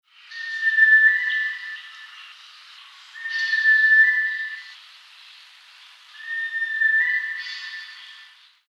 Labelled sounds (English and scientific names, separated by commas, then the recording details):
Sunbittern (Eurypyga helias)
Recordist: Tembrock, Günter
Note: Wechselrufe zweier Vögel